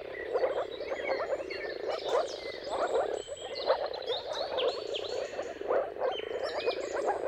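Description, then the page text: Moor frogs in a dense chorus of soft, bubbling low calls that overlap continuously, with birds singing and whistling higher above. Mating-call chorus of moor frogs at sunrise, at the turn of March and April depending on the weather; recorded by Jakub Orzecki. "earth-fm Jakub-Orzecki moor frogs. Dawn’s Chorus: Mating Calls of Marsh Frogs at Sunrise. Depending on the weather at the turn of March and April, you can witness an amazing spectacle of moor frogs"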